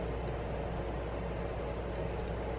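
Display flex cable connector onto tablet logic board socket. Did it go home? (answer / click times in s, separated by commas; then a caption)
no / none. A display flex cable connector is handled over its socket on the logic board of a 12.9" iPad Pro 3rd generation (A2014/A1895) during a glass screen, LCD and digitizer replacement. Only a steady broadband hiss with a low hum and a few faint high ticks is heard. Nothing has seated or clicked yet.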